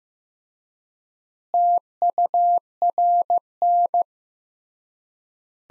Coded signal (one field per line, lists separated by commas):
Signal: Morse code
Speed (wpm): 15 wpm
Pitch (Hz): 700 Hz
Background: none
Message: TURN